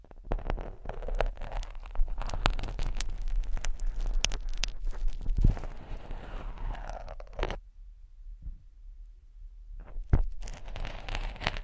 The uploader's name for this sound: Scratch your ears slowly